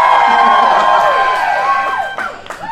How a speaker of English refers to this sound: I'm on stage in Houston right now. I'm touring with Neil Hamburger. Yeah, see, listen to the crowd. I'm not bullshitting you. You hear that there's people screaming? Scream to prove that there's a crowd.